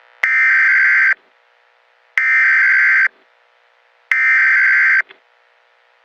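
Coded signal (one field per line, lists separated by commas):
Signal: Emergency Alert System (SAME) tones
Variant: header bursts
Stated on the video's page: Fictional mock alert scenario.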